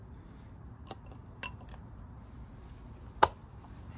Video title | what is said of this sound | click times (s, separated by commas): Porsche Macan GTS Oil Change 2.9L V6 | Hear a nice snap. That's good. | 3.2 s